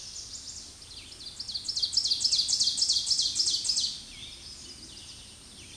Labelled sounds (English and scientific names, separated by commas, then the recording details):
Ovenbird (Seiurus aurocapilla) song
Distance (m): 10 m
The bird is about level with the microphone
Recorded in a Pennsylvania forest on 16 May 2024 at 06:51
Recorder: AudioMoth, point MSD-2083
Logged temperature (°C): 16.7 °C
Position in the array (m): 138 m, 30 m